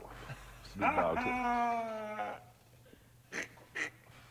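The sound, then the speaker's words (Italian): A single drawn-out cat meow, sampled into music, holds a steady, slightly wavering pitch for about a second and a half, followed by two short, sharp percussive hits. “e più che altro le basi sono sempre, hanno un sacco di campioni di Miagolei dei gatti.”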